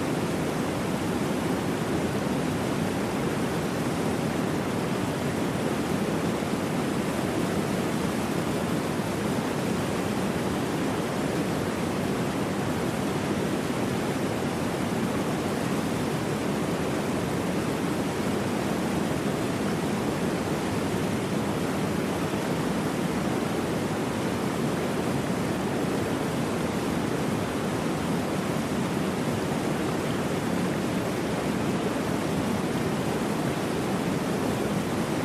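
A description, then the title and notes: A waterfall pours without pause, a dense, even rush that holds the same level from start to finish. The sound is full and hissing, heaviest in the low-middle range with a bright spray on top. No separate events or background sounds stand out. Waterfalls Sounds White Noise.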